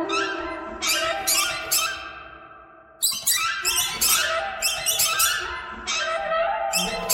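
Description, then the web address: Bird calls: rough squawking bursts in irregular runs, with a quieter pause midway. "soundfactory birds"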